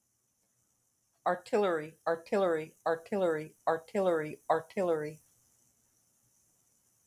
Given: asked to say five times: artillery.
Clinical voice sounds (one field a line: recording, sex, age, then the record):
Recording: repeated word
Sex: female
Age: 40 to 49 years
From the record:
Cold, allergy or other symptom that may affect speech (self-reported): no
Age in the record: 45 years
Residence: Georgia, United States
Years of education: 16